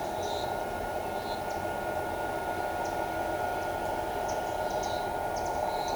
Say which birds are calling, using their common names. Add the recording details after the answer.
none. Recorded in shrubland near Pivijay, Magdalena, Colombia, on 16 April 2023 at 16:30. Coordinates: 10.453, -74.365. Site P5-G022